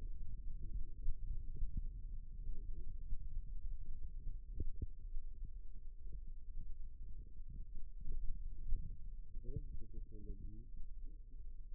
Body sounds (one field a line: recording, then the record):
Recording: forearm muscle sounds (acoustic myography)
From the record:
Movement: rest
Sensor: system 2, bracelet of six BSWA MPA416 microphones around the upper forearm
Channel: 4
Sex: male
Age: 22 years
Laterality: right